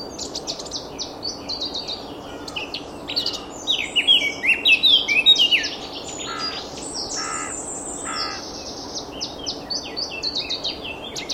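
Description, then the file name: Eurasian blackcap song: continuous busy warbling with some harsher, rougher notes, peaking in a clear whistled stretch around the middle. "Sylvia atricapilla"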